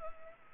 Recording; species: mosquito wingbeat signal from an infrared sensor; Culex pipiens